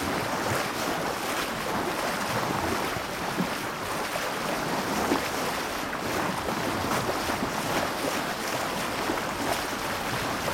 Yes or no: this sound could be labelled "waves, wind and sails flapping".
yes